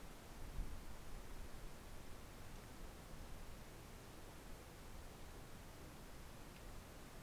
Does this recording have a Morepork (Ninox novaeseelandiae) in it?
no